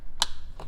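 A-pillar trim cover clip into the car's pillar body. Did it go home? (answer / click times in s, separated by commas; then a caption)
yes / 0.2 s. A plastic A-pillar trim cover on a Mercedes-Benz C-Class W203 is pushed firmly back onto the car's pillar body after its two rear pins are lined up. A sharp click at 0.2 s shows the first clip seating, followed by a fainter tick at 0.6 s. The first trim clip is confirmed seated.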